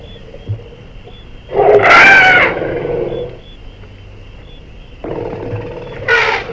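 Elephant trumpeting: a loud, harsh blast with bright harmonics for about a second and a half, then quieter sound and a second, shorter blare near the end.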